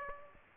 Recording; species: mosquito wingbeat signal from an infrared sensor; Aedes aegypti